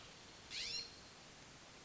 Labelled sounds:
California Scrub-Jay
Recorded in Sonoma County, California

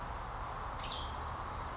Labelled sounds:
Western Tanager
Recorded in Sonoma County, California

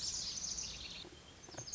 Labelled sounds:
Lazuli Bunting
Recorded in Sonoma County, California

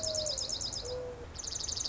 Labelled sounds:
Dark-eyed Junco
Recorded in Sonoma County, California

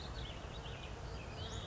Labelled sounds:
Western Flycatcher
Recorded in Sonoma County, California

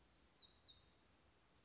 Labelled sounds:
Black-throated Gray Warbler
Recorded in Sonoma County, California

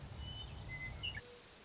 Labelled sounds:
Western Meadowlark
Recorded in Sonoma County, California

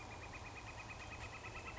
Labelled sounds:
Northern Flicker
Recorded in Sonoma County, California

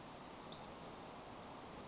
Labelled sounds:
Western Flycatcher
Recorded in Sonoma County, California

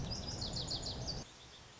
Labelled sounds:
Lazuli Bunting
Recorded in Sonoma County, California

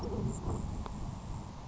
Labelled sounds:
Grasshopper Sparrow
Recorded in Sonoma County, California

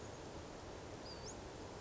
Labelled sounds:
Western Flycatcher
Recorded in Sonoma County, California

